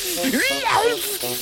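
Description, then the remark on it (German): A voice imitates a snake's shriek, its pitch sweeping up and down in a wailing cry over a steady breathy hiss, then trailing off into a lower drawn-out sound, as the snake, struck by a jet of fire, whirls around four times and hisses off into the bushes. “Die Schlange kreischt auf, wirbelt viermal im Kreis herum und zischt jaulend ab ins Gebüsch.”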